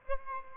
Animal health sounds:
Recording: mosquito wingbeat signal from an infrared sensor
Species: Aedes albopictus

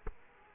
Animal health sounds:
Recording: mosquito wingbeat signal from an infrared sensor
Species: Culex quinquefasciatus

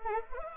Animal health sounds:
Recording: mosquito wingbeat signal from an infrared sensor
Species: Anopheles arabiensis

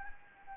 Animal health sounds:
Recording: mosquito wingbeat signal from an infrared sensor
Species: Anopheles gambiae

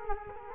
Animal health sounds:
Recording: mosquito wingbeat signal from an infrared sensor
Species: Culex quinquefasciatus

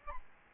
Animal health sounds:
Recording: mosquito wingbeat signal from an infrared sensor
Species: Aedes albopictus

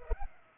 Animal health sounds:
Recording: mosquito wingbeat signal from an infrared sensor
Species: Culex pipiens

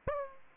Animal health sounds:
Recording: mosquito wingbeat signal from an infrared sensor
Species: Aedes aegypti

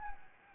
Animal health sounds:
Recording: mosquito wingbeat signal from an infrared sensor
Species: Anopheles gambiae

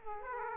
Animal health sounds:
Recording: mosquito wingbeat signal from an infrared sensor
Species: Aedes aegypti

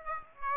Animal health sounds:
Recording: mosquito wingbeat signal from an infrared sensor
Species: Aedes aegypti

